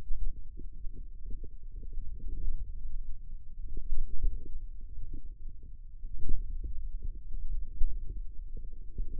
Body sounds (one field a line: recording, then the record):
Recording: forearm muscle sounds (acoustic myography)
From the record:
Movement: pen grasping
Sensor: system 2, bracelet of six BSWA MPA416 microphones around the upper forearm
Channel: 5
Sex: male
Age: 22 years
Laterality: right